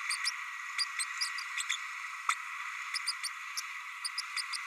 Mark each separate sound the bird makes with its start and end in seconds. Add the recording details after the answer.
0.10-0.16, 0.25-0.30, 0.78-0.84, 0.99-1.04, 1.20-1.29, 2.29-2.35, 3.07-3.12, 3.23-3.28, 3.57-3.60, 4.04-4.08, 4.17-4.21, 4.36-4.42, 4.52-4.57. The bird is a male. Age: 30 days. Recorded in a nest box in Venezuela. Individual 17B32A6